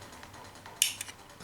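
A magnetized plastic weapon arm for a Warhammer 40k Killa Kan miniature walker, with a magnet in the top of the arm where it joins the body, is brought to the body over a few faint taps. It snaps onto the body's embedded magnet with a sharp, bright click at 0.8 s, followed by small rattling ticks around 1.0 s. The arm is seated in place.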